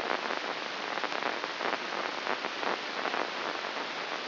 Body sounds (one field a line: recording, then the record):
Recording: brain microelectrode recording played as sound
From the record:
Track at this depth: inside the subthalamic nucleus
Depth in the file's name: 5.001 mm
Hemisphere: right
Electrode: 2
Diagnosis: Parkinson's disease